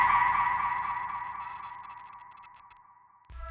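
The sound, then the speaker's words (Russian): Small ride cars, after climbing a slope and hanging at its peak, rush downhill accelerating to the limit with a high, steady whining hum that slowly fades over a few seconds, ending in a sudden low rumble. “Машинки ринулись вниз, ускоряясь до предела разрыва, перенося нас во дворец.”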